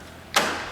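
A driver side plastic fog light shroud on a 2019+ Ram 2500 is pushed into the front bumper from the front. After a quiet lead-in, a single sharp snap rings out at 0.4 s and decays over the rest of the clip. The shroud seats in the bumper.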